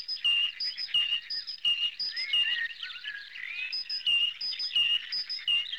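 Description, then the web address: Bird chirps repeated in a steady series, with wavering twitters woven between the ringing notes. "animali uccelli uccelli birds"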